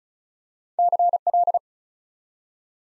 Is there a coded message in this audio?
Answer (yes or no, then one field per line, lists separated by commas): yes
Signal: Morse code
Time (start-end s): 0.8-1.6 s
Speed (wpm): 36 wpm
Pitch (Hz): 700 Hz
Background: none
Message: CL